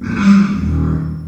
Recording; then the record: squeal of a Yucatan mini pig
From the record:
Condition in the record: after surgery on the right vocal fold (resection and tissue-engineered implant); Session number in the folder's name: 13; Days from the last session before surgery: 113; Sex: female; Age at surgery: 19 weeks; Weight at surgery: 25 kg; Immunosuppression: prednisolone